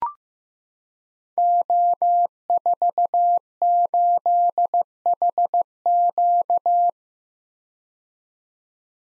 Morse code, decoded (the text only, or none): O48HQ